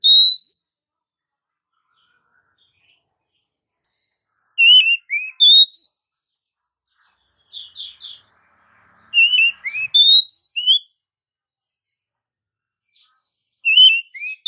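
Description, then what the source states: Oriental magpie-robin calling in scattered phrases of sharp, high whistled notes and short slurs, broken by quiet gaps. Female; therapy sound to prompt singing.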